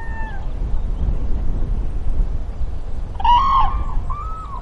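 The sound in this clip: Common crane trumpeting: a faint note at the start, then a loud, rolling bugle near the end and a shorter reply, all against a constant low rumble.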